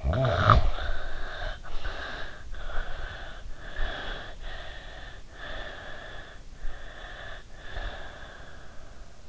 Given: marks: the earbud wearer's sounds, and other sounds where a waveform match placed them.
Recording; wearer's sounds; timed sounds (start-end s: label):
sounds in sleep by an in-ear microphone; snoring breath, breath
0.00-2.41 s: snoring breath
2.50-4.28 s: breath
4.46-6.42 s: breath
6.56-9.11 s: breath